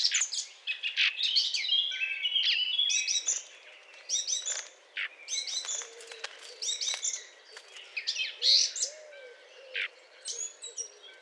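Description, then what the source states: Eurasian blackcap song: fast, scratchy warbling in rapid bursts. Courtship song; recorded 20 April 2009.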